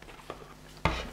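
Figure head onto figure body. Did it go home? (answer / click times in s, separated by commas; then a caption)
yes / 0.8 s. A painted Joker head is fitted onto the plastic body of a female Joker figure by Wolfking. A sharp hit sounds at 0.9 s, with softer taps around it, and the head seats well on the body.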